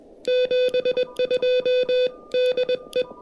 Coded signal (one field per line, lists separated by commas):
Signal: Morse code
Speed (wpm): 20 wpm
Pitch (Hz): 500 Hz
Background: music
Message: 72DE